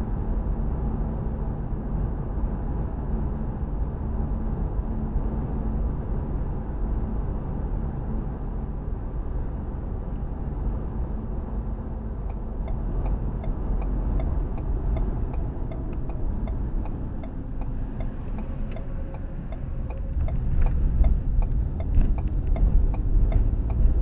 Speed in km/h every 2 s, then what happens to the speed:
58, 58, 56, 56, 55, 55, 53, 44, 31, 19, 19, 24.
0-12 steady at about 56. 12-18 brakes to 19.